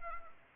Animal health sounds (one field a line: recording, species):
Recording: mosquito wingbeat signal from an infrared sensor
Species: Anopheles gambiae